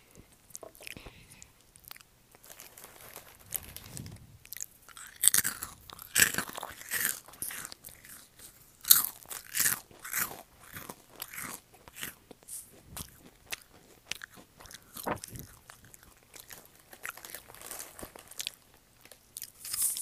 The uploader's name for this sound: eating goldfish and drinking lemonade